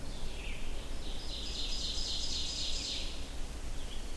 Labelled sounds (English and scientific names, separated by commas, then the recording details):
Ovenbird (Seiurus aurocapilla) song
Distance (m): 45 m
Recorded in boreal forest in Alberta, Canada, on 25 June 2016 at 06:10
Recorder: SongMeter 3, array SBT-6-76
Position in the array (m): 26 m, 119 m
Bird 2